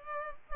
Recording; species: mosquito wingbeat signal from an infrared sensor; Culex pipiens